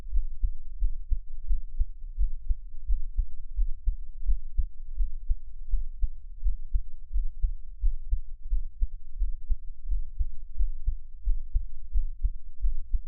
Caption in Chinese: 台灣ASMR | 獻上我的心跳 | Give my Heartbeat | NO Talking。